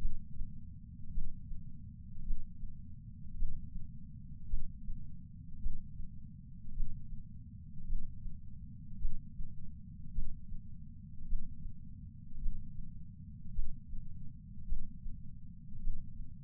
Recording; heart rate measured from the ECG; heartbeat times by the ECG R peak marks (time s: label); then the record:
heart sounds by patch sensor on the chest; 53 bpm
1.10 s: heartbeat
2.23 s: heartbeat
3.35 s: heartbeat
4.46 s: heartbeat
5.59 s: heartbeat
6.72 s: heartbeat
7.85 s: heartbeat
8.98 s: heartbeat
10.11 s: heartbeat
11.25 s: heartbeat
12.38 s: heartbeat
13.52 s: heartbeat
14.65 s: heartbeat
15.79 s: heartbeat
From the record:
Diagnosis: coronary artery disease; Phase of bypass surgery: intraoperative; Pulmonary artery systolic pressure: 22 mmHg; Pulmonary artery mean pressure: 14 mmHg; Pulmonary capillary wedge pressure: 10 mmHg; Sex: male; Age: 75 years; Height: 167 cm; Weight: 58 kg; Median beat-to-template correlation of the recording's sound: 0.95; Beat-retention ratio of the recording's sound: 0.99